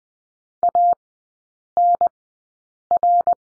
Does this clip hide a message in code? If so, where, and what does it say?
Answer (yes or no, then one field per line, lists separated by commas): yes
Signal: Morse code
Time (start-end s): 0.6-3.3 s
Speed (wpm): 20 wpm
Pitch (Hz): 700 Hz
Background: none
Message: ANR